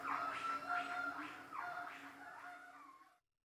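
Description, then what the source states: Monkey calls: a quick series of arching whoops that rise and fall, over a steady high tone and a low hum. Several monkeys at a zoo.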